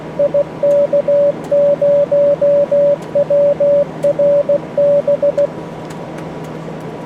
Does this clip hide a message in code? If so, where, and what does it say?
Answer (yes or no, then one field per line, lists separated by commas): yes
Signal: Morse code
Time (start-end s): 0.2-5.5 s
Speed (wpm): 16 wpm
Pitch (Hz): 570 Hz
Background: radio noise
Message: IK0WRB